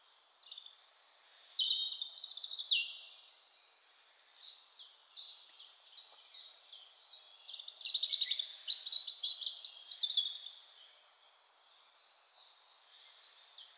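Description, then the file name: European robin song: a few sweet warbled notes, a quiet run of thin ticking notes, then a loud burst of rapid stuttered trills that trails off. "Erithacus rubecula"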